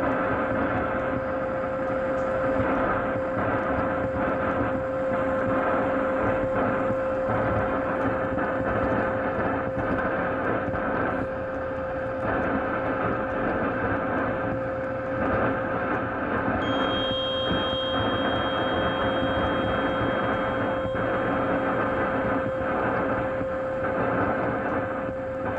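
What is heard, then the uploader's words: Radio frequency interference on an AM receiver: a steady, dense wash of static and hum with a constant mid-pitched whine running throughout. Loudness barely changes. Around seventeen seconds, a few thin high tones briefly appear above the noise. RF Radio Frequency Interference 1620AM.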